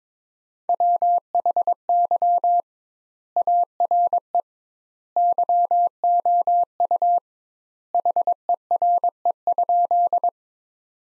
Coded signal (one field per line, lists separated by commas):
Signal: Morse code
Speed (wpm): 22 wpm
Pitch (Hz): 700 Hz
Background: none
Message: WHY ARE YOU HERE?